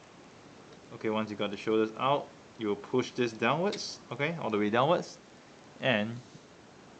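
Someone talks while handling a Bandai Macross Hi-Metal R VF-1S Strike Valkyrie plastic/die-cast toy during transformation, with the shoulders already out and a body section being pushed all the way downward toward its torso lock point. Nothing has seated or clicked yet.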